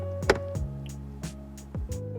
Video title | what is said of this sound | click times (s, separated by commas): Scion tC LED Interior How To Install - 2nd Gen - 2011-2016 | until the rest of the lens locks into place. | 0.3 s